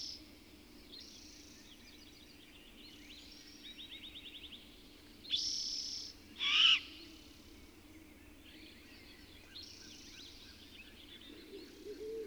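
Bird song, soft high trilled and buzzy phrases throughout, broken by two louder harsh notes in the middle, with low warbling near the end.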